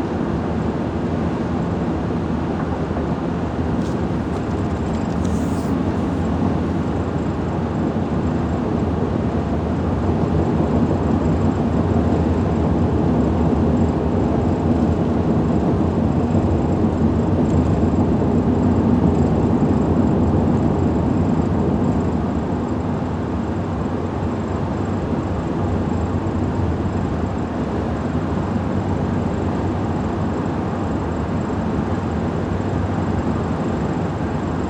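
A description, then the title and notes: Highway noise fills the whole recording: a dense, steady roar of traffic weighted toward the low end, with no gaps. It swells slightly around the middle before easing back. A brief high-pitched squeak cuts through near the five-second mark. Travel with me from Central Phoenix to my office in Chandler, Arizona. It’s mostly highway so great amount of ambient sounds coming from the road in my Ford F-150 pickup truck.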